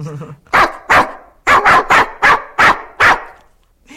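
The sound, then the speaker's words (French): A man imitates a Brittany spaniel, letting out about eight loud, sharp barks in quick uneven bursts, some paired closely together, after a brief low vocal murmur. “Faites-moi un épagnol breton.”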